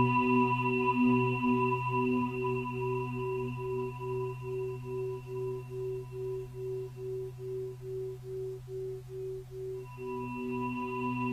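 A singing bowl rings with a steady low hum and several clear higher tones layered above it. From about two seconds on, the sound wobbles in a regular pulse, roughly twice a second, while slowly fading. Near ten seconds the fuller ring swells back in.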